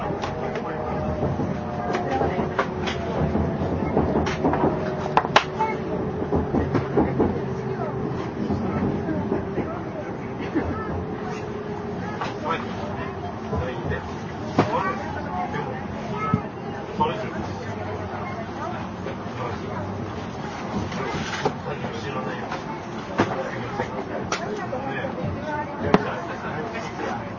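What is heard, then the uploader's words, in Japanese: Inside a bullet train running between Kyoto and Shin-Yokohama, a steady, dense rumble fills the cabin throughout. A motor whine slowly falls in pitch over the first half, while frequent clicks and knocks from the track and faint voices come through the noise. JRN700系 京都〜新横浜。ひかり530号に乗車し、録音しました。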